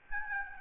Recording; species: mosquito wingbeat signal from an infrared sensor; Aedes albopictus